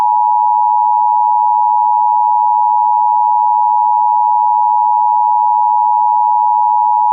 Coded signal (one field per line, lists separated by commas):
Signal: Emergency Alert System (SAME) tones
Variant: 853 and 960 Hz attention tone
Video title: ▌EAS SCENARIO▐ NFL Game Tornado Emergency!